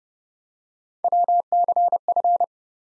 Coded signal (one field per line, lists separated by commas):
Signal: Morse code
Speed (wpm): 30 wpm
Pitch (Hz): 700 Hz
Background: none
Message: WCF